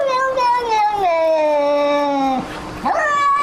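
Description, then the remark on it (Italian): A cat lets out a long, drawn-out meow that slowly slides downward in pitch, pauses briefly with a breathy sound, then rises into another sustained, tuneful yowl, almost like singing. “Oltre ai cani che parlano, ci sono anche gatti che non parlano ma che cantano.”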